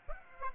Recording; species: mosquito wingbeat signal from an infrared sensor; Aedes aegypti